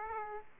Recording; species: mosquito wingbeat signal from an infrared sensor; Aedes aegypti